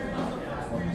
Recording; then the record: background sound without coughing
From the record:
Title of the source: 60 minutes of coffee shop sounds for study and concentration